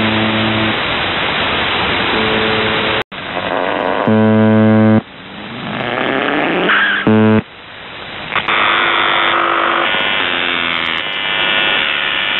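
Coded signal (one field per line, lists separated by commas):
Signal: numbers station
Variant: UVB-76 (The Buzzer)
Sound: harsh low buzzes about a second long amid hiss and fading radio noise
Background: radio static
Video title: The Buzzer/UVB-76(4625Khz) June 1st, 2023 Voice messages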